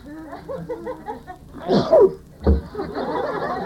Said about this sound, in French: Je l'avertis, je vais éternuer. Je le sens.